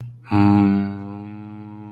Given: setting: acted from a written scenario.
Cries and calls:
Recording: vocal sound without words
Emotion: serenity

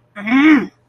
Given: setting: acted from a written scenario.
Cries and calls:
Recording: vocal sound without words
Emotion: anger

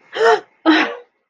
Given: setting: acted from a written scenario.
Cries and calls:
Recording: vocal sound without words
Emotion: positive surprise

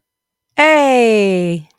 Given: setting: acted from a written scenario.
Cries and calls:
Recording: vocal sound without words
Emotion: positive surprise

